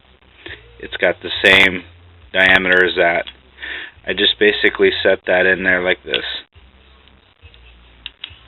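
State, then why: Seated. Someone talks while setting a return spring loader of the same diameter into a SRAM SX4 twist-grip bicycle shifter, then twists it to preload the return spring to its first preset. Sharp clicks at 8.1 s and 8.2 s mark the spring loader seating into the preset, where it stays.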